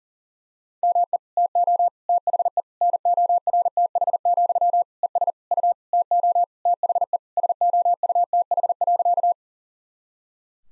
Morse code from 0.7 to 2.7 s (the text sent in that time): ME TO THE